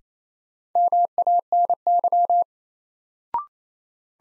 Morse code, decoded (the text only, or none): MANY